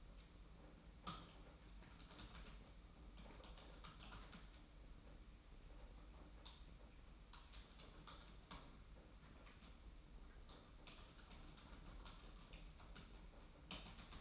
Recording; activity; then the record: daily activity, microphone in the room; typing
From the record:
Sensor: 1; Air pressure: 991.7 hPa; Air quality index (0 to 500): 173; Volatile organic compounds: 1000 ppm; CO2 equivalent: 6550 ppm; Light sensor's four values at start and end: 29/100/38/39 and 29/100/38/39